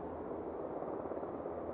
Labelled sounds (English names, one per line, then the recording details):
California Towhee
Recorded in Sonoma County, California